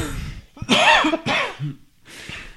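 A few harsh, forceful coughs in quick succession with throat clearing from an adult man, caused by bourbon going down the wrong way.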